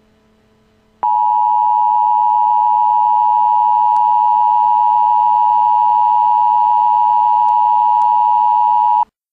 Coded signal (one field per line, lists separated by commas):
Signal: Emergency Alert System (SAME) tones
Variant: 853 and 960 Hz attention tone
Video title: A Nuclear Missile EAS Scenario: 400 Nukes